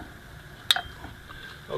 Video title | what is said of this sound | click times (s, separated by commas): replacing brakes on 7000lb Dexter axle part 2 | okay it snapped into place again | 0.7 s